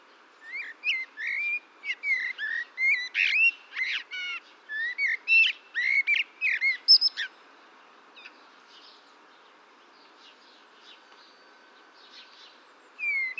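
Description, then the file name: Common blackbird song, a steady stream of whistles and sharp chipping notes for about seven seconds, then quiet with faint twittering. "Turdus merula"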